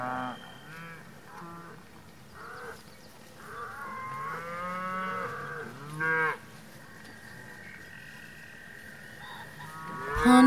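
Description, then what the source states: Cow: cattle making a series of short and drawn-out moos of varying pitch, with a steady high hum in places. Cows grazing in a pasture.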